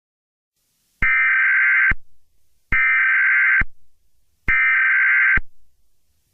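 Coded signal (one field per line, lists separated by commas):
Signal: Emergency Alert System (SAME) tones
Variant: header bursts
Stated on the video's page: Fictional EAS scenario, a work in progress.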